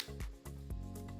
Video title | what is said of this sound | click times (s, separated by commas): Switch 2 Unboxing | just click off and click right in there. | 0.0 s